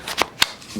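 The hose handle of a Miele Boost CX1 Cat & Dog canister vacuum is joined to its stainless steel wand. After a few soft scraping handling sounds, a sharp click at 0.4 s marks the handle locking securely onto the wand.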